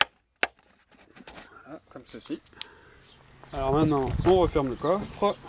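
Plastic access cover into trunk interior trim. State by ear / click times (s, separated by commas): seated / 0.0 s, 0.4 s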